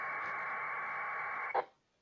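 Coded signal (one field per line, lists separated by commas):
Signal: packet radio (AX.25, as in APRS)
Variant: 1200 baud AFSK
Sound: a 1.5-second harsh buzzing data burst, then a brief hiss as squelch closes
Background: radio static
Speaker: a long one I bet I probably got a huge landslide of email and you know this is 1200 baud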